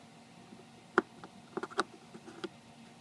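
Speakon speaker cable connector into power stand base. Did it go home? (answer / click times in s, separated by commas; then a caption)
yes / 1.0 s. A Speakon speaker cable connector is lined up with the slots on the jack of a Bose L1 Model 1S power stand base and turned until it twist-locks. A sharp click at 1.0 s marks it seating, followed by a few softer ticks and rattles as the connector settles. The connector is now seated and plugged in.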